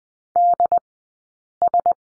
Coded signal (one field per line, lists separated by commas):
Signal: Morse code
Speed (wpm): 20 wpm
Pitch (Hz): 700 Hz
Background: none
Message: DS